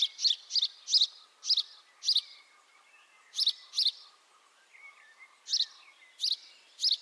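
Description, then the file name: House sparrow chirping, short harsh notes in rapid bursts separated by brief pauses. "Passer domesticus"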